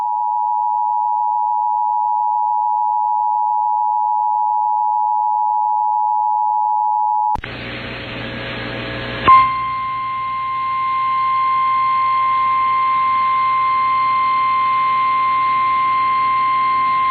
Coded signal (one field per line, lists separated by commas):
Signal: Emergency Alert System (SAME) tones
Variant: 853 and 960 Hz attention tone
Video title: New Hampshire EAS Alert: Required Monthly Test 08/05/2023 (Alert 1/3)